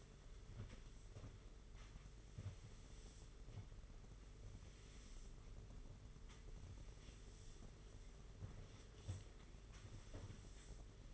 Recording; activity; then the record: daily activity, microphone in the room; sweep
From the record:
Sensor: 4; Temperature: 27.1 degrees Celsius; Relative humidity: 38.3%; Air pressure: 992.2 hPa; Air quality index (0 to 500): 110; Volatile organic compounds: 18 ppm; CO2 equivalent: 2631 ppm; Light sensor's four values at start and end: 23/78/28/30 and 22/75/27/29